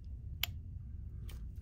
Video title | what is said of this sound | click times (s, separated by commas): Huma- Air Edgun Leshiy 2 Raptor Regulator | when you hear that click you know that you have it sealed | 0.4 s